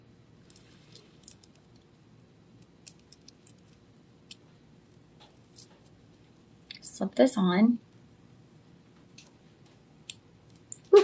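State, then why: Seated. A metal bracelet is slipped on and its tab is closed into the clasp, with light metallic clinks and ticks before someone talks briefly. Two sharp clicks at 10.1 s and 10.7 s mark the tab snapping into the clasp, and the bracelet is seated.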